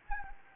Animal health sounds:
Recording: mosquito wingbeat signal from an infrared sensor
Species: Anopheles gambiae

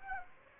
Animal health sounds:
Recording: mosquito wingbeat signal from an infrared sensor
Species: Aedes aegypti

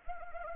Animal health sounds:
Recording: mosquito wingbeat signal from an infrared sensor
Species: Anopheles arabiensis

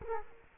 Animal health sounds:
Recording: mosquito wingbeat signal from an infrared sensor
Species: Culex quinquefasciatus

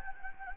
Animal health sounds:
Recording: mosquito wingbeat signal from an infrared sensor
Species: Anopheles gambiae

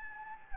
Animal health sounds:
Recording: mosquito wingbeat signal from an infrared sensor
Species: Anopheles gambiae

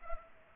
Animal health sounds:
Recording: mosquito wingbeat signal from an infrared sensor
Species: Culex pipiens

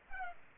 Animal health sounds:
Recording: mosquito wingbeat signal from an infrared sensor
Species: Culex pipiens

